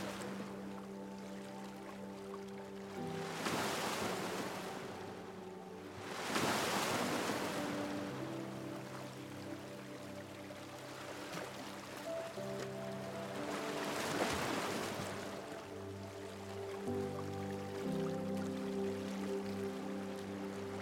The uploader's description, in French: le son naturel des vagues apaisantes et l'harmonie délicate de la musique douce